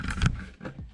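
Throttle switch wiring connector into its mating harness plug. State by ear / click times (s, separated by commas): seated / 0.1 s, 0.3 s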